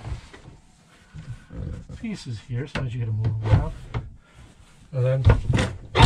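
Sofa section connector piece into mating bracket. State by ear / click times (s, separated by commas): not seated / none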